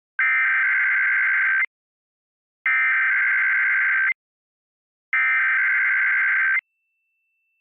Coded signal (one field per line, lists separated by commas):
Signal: Emergency Alert System (SAME) tones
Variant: header bursts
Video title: EAS Local North Dakota Required Monthly Test on Prairie Public Broadcasting (PBS)